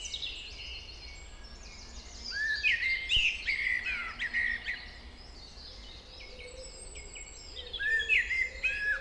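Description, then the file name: Common blackbird song with rich fluted notes that slide into high scratchy twittering, a pause, then another phrase starting near the end. "Turdus merula"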